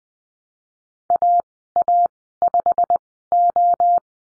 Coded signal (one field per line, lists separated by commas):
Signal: Morse code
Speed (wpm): 20 wpm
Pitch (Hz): 700 Hz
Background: none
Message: AA5O